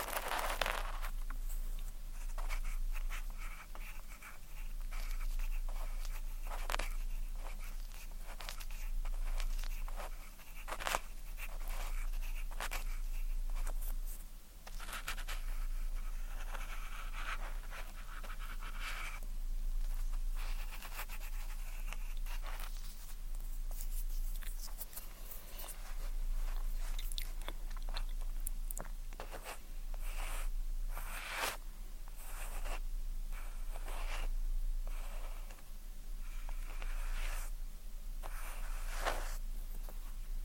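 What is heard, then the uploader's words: Ear cleaning with tweezers: a steady stream of sticky, crackling clicks and scratchy rubs that never stop for the full forty seconds. Sharper crunchy bursts cluster around 15, 20 and 30–33 seconds, over a constant low hum. Ear Cleaning, Tweezers, Sticky Sounds, Spray Bottle.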